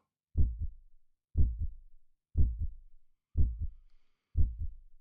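Steady heartbeat at about 60 beats per minute, each beat a low two-part lub-dub. Normal heart sounds, used in a meditation.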